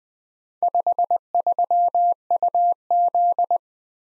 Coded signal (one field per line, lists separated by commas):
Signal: Morse code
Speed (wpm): 21 wpm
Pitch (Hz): 700 Hz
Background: none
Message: 53UZ